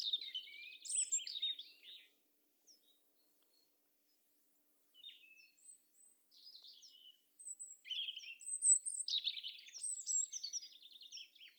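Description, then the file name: European robin song, a twittering phrase, a pause of several seconds, then soft high whistles leading into a longer run of trills and warbles. "Erithacus rubecula"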